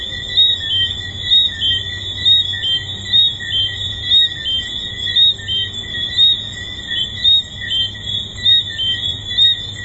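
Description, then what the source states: Tree frog chorus of dense, high, whistled chirps layered together, swelling roughly every second. Tree frogs recorded at the Hedonism II resort.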